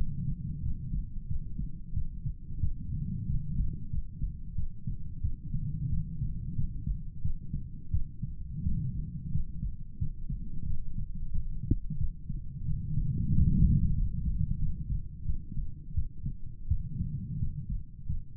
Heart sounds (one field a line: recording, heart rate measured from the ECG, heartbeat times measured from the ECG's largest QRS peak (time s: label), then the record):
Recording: heart sounds by stethoscope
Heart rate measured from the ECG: 89 bpm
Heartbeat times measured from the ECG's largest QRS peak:
0.63 s: heartbeat
1.28 s: heartbeat
1.94 s: heartbeat
2.61 s: heartbeat
3.27 s: heartbeat
3.91 s: heartbeat
4.56 s: heartbeat
5.22 s: heartbeat
5.90 s: heartbeat
6.56 s: heartbeat
7.22 s: heartbeat
7.91 s: heartbeat
8.64 s: heartbeat
9.32 s: heartbeat
9.99 s: heartbeat
10.67 s: heartbeat
11.32 s: heartbeat
11.98 s: heartbeat
12.66 s: heartbeat
13.32 s: heartbeat
13.95 s: heartbeat
14.59 s: heartbeat
15.26 s: heartbeat
15.95 s: heartbeat
16.68 s: heartbeat
17.40 s: heartbeat
18.07 s: heartbeat
From the record:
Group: healthy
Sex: male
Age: 35 years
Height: 178 cm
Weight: 64 kg